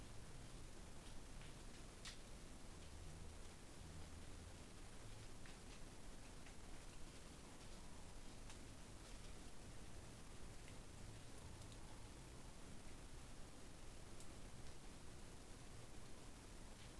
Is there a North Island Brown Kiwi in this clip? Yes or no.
no